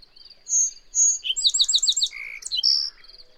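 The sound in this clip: Bird song with two pure whistled notes, a quick rattling series of slurred high notes, a buzzy lower note and a final bright whistle.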